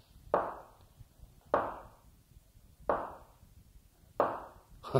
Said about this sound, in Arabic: عليك أن تصف شخصية الطارق من طريقة نقره على الباب.